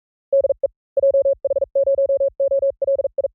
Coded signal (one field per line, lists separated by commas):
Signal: Morse code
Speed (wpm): 41 wpm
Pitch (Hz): 550 Hz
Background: none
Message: DE JH0OLI